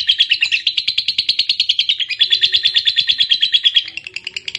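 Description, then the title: Lovebird singing a fast, continuous chattering trill of high buzzy notes, about three per second, steady in pitch with slight rises and falls. Fighter-type lovebird singing energetically, described as gacor. "SUARA Lovebird FIGHTER GACOR"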